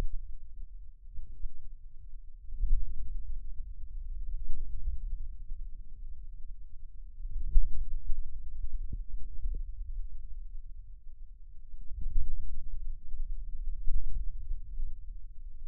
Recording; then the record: forearm muscle sounds (acoustic myography)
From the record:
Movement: hand closing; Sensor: system 2, bracelet of six BSWA MPA416 microphones around the upper forearm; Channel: 1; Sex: male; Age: 22 years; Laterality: right